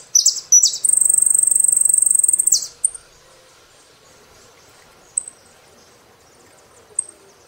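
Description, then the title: Saffron finch song: a few sharp swept notes lead into a long, rapid buzzy trill, then scattered high chips over quiet background hiss. "Jilguero Argentino"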